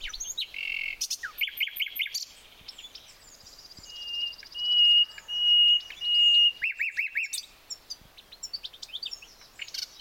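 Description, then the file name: Common nightingale song: chattering notes, then four long swelling pure whistles, followed by a fast rattling trill and scattered clicks. "Luscinia megarhynchos"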